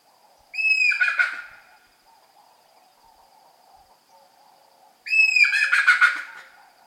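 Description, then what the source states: Rock hyrax calls: two bursts several seconds apart, each opening with a squeal then breaking into rapid harsh chattering notes, over a faint low hum. Heard in the African savanna at night; the scream is described as one of the weirdest calls there.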